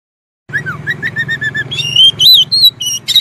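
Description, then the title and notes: Oriental magpie-robin song opens with short repeated mid-pitched whistles, then climbs into higher, richer whistled phrases over a low steady hum. Long-duration filler song (isian) for training kacer to sing actively (gacor) day and night. "Kacer Jadi Gacor Siang Malam. Isian Kacer Durasi Panjang"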